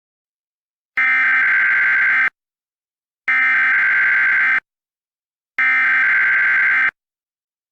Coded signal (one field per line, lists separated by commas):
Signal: Emergency Alert System (SAME) tones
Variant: header bursts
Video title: zombie apocalypse eas